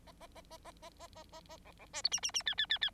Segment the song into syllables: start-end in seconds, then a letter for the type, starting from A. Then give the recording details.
0.06-0.12 A, 0.20-0.27 A, 0.35-0.41 A, 0.51-0.57 A, 0.64-0.72 A, 0.82-0.90 A, 0.99-1.07 A, 1.15-1.24 A, 1.32-1.41 A, 1.49-1.57 A, 1.65-1.72 B, 1.79-1.86 B, 1.93-2.02 C, 2.04-2.09 D, 2.11-2.20 E, 2.23-2.31 E, 2.34-2.43 E, 2.46-2.55 F, 2.57-2.66 F, 2.69-2.78 F, 2.81-2.90 F. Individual Bird9